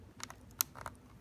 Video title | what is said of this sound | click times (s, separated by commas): Laptop key replacement/cleaning (Butterfly Keyboard - Lenovo Y50 / Y70) | There's one. One click. | 0.6 s